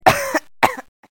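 Two coughs from an adult.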